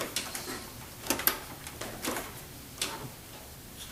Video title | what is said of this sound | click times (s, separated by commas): Antec Three Hundred Two Case Component Installation | clicked in place | 1.3 s